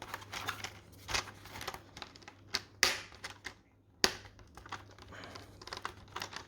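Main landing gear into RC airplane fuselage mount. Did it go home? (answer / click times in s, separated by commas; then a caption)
yes / 2.8 s, 4.0 s. The main landing gear of a foam Xfly P68 mini Twin Nova RC airplane is pressed into its mount on the fuselage, where it has to snap in on both sides. Soft handling and rustling over a low steady hum lead to two sharp, loud snaps at 2.8 s and 4.0 s, and the gear seats in its mount.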